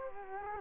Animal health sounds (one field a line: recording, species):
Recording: mosquito wingbeat signal from an infrared sensor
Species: Culex quinquefasciatus